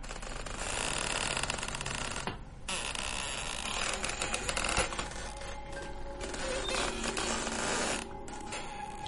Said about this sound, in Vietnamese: Độ 30 phút sau, một y tá quay lại, cửa từ từ mở ra. Tiếng cánh cửa rít lên nặng nề.